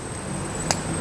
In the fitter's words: ก็จะดังแก๊กนะครับแต่ว่ามันบ้านได้ได้ขนาดและดังแก๊กและแสดงว่าตัวนี้สุดแล้วนะครับแต่